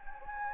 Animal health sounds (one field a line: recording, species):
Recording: mosquito wingbeat signal from an infrared sensor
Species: Anopheles gambiae